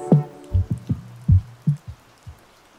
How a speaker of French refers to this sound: Enfilez votre caouet, relevez votre capuche, nous partons sous la pluie.